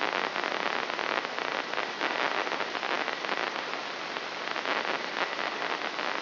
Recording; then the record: brain microelectrode recording played as sound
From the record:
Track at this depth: inside the subthalamic nucleus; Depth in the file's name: 2.111 mm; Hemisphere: left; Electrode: 3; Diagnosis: Parkinson's disease